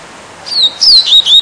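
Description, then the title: Double-collared Seedeater giving a brief string of high, clear slurred whistles. "Canto Coleiro"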